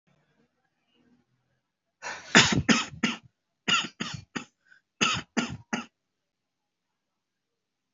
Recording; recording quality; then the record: shallow voluntary cough; excellent, no background noise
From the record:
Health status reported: healthy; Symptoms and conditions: none ticked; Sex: male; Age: 22 years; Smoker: not ticked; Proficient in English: yes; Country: India